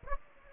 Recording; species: mosquito wingbeat signal from an infrared sensor; Aedes aegypti